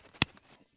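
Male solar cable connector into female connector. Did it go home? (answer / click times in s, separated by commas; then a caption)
yes / 0.2 s. A male plastic solar cable connector is pushed into its female counterpart, producing one sharp, bright click at 0.2 s. A much fainter tick follows at about 0.4 s over quiet background noise. The connector is seated.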